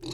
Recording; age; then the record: pig call; weaner (32 to 43 days)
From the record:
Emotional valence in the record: negative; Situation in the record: long isolation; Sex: female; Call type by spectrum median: low-frequency call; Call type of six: high-frequency stable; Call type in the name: high-frequency stable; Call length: 0.14 s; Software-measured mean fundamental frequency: 226 Hz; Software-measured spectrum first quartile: 288 Hz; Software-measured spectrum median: 1138 Hz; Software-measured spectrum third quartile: 4522 Hz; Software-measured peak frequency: 328 Hz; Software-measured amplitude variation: 79 dB a second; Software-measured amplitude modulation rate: 24.3 a second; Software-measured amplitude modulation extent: 3.2 dB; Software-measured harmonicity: 6.0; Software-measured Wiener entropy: -3.58